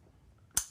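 A hole saw is pushed back onto a drill arbor over a quiet background with a faint tick just before. At 0.6 s it locks with a short, sharp metallic snap that rings briefly in the high frequencies before fading. The hole saw is seated on the arbor.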